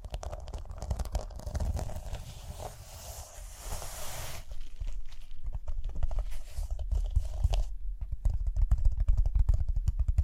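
Rhinestone tapping, scratching and brushing in quick, dense clicks over a low rumble, with a bright hissy brushing stretch early on.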